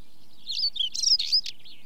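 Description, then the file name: Stonechat song, one quick scratchy phrase of jumbled high chirps and squeaky notes, about a second long, over a quiet background. Song; British bird. "Stonechat song with chaffinch and skylarks in background"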